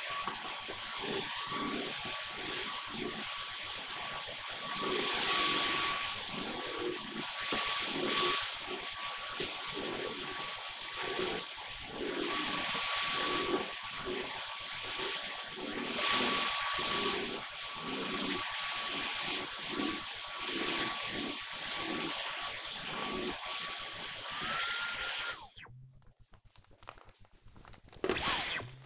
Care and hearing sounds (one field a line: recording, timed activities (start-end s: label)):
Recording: household activities, microphone on the right wrist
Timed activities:
0.00-25.57 s: vacuum cleaning